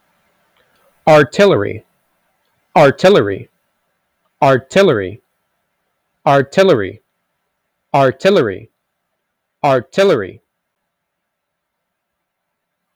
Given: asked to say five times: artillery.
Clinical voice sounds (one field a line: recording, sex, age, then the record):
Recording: repeated word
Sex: male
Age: 20 to 29 years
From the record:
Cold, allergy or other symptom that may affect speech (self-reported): no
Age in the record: 24 years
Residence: United States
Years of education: 12